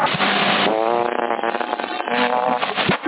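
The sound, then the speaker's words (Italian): Someone blows a loud, sustained raspberry lasting about three seconds, a buzzy, sputtering lip-flap whose pitch wavers and shifts, with no talking alongside it. “Ah, non era un break, è il solito che sparnacchia, così è.”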